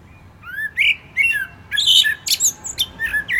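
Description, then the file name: Common blackbird song: clear whistled notes followed by bursts of high, squeaky twitter. "Turdus merula"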